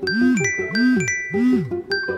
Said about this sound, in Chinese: 小金鱼现在只会趴在那里吐泡泡了，住持听见他口袋里手机在响，就自作主张的帮他接了，手机放在小金鱼牛仔裤口袋里。